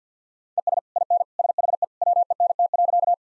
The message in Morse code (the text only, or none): ES IN SHE WENT.